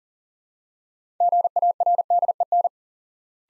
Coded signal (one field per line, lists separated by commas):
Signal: Morse code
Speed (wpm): 39 wpm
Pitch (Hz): 700 Hz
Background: none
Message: GARDEN